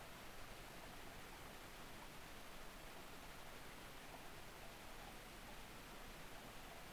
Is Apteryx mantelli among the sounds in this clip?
no